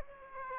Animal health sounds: mosquito wingbeat signal from an infrared sensor; Aedes aegypti

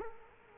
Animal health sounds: mosquito wingbeat signal from an infrared sensor; Culex quinquefasciatus

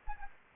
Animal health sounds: mosquito wingbeat signal from an infrared sensor; Anopheles arabiensis

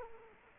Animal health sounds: mosquito wingbeat signal from an infrared sensor; Culex quinquefasciatus

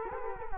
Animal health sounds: mosquito wingbeat signal from an infrared sensor; Culex quinquefasciatus

